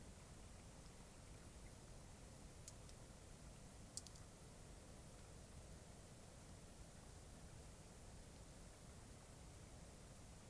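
A cloudy night beside Taylor Lake carries a steady, dense, low rushing hiss, broken only by faint brief ticks near three and four seconds.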